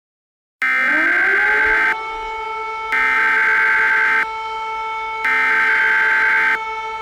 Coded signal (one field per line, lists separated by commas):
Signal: Emergency Alert System (SAME) tones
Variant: header bursts